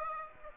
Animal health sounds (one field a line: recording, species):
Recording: mosquito wingbeat signal from an infrared sensor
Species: Aedes aegypti